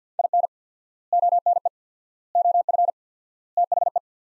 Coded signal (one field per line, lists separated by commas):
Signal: Morse code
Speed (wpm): 50 wpm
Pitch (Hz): 700 Hz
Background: none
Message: IN ONE OF THE